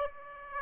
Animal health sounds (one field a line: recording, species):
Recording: mosquito wingbeat signal from an infrared sensor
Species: Aedes aegypti